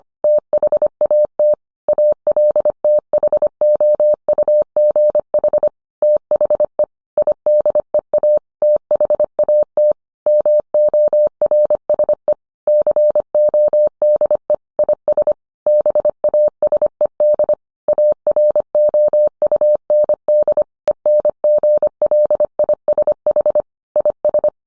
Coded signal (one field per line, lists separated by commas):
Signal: Morse code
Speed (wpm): 25 wpm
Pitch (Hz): 600 Hz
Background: none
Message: THAT ALTHOUGH THE IDEA THAT MORSE CODE IS BASED AROUND ENGLISH IS